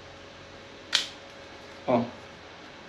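A plastic-tipped metal anchor, whose plastic end prevents thermal bridging, is being pushed or tapped into its hole in the wall or insulation. A single sharp, bright hit sounds at 1.0 s, and just before 2.0 s someone talks briefly over a quiet steady background. Nothing has seated or clicked yet.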